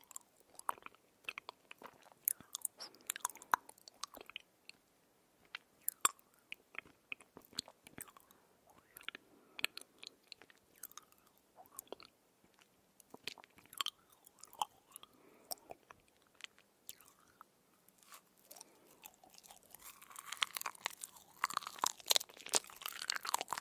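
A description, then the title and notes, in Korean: Sticky chewing of honeycomb and banana, with irregular wet crunches and clicks, growing denser and louder in the last few seconds. 꾸덕꾸덕 벌집꿀+바나나소리 Honeycomb Banana eating sound.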